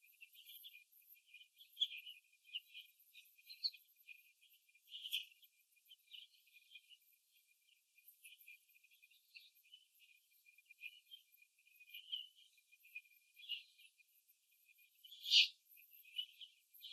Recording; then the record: young laying hens in a cage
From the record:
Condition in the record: before the stressor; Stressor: simulated dog barking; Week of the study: 2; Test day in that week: 3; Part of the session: 3